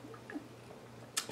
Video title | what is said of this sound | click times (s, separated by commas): Lighting Ideas DIY Home Theater - Recessed home cinema lights | So a 14-gauge wire pops right into this | 1.2 s